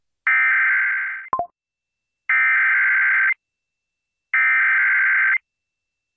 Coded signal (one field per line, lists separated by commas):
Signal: Emergency Alert System (SAME) tones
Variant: header bursts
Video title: WHO-AM COVERS THE TORNADOES... EAS Alerts from 5/21/24 (EAS #4,268 - 4,291)